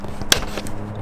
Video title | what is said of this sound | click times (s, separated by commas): I Think RAM Screwed Up This Accessory For Some Of Us - Installing My Winter Grill Cover, Worth It? | hear that clicking sound | 0.3 s